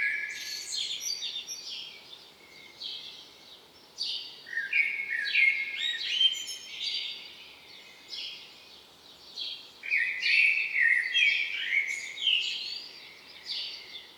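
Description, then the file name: Common blackbird song: a long series of fluted warbles and high twittering notes in uneven bursts, faint hiss behind. "Turdus merula"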